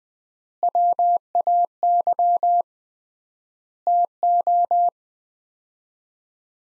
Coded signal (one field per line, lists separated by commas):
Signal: Morse code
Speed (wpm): 20 wpm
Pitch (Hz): 700 Hz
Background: none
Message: WAY TO